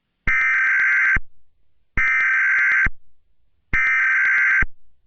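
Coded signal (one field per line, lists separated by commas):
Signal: Emergency Alert System (SAME) tones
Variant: header bursts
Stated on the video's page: Fictional scenario, not a real EAS broadcast; tones may or may not be valid.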